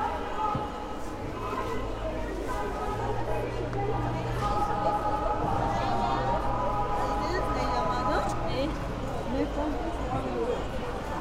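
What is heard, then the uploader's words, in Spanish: A busy food section of a market, filled with overlapping chatter from many voices. A steady low hum runs underneath, with a brief rumble near the start, and occasional clinks and brighter tones cut through the constant crowd noise. Recorrido zona de comidas mercado San Pedro Cusco by Alejandro Cornejo Montibeller.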